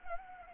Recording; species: mosquito wingbeat signal from an infrared sensor; Anopheles arabiensis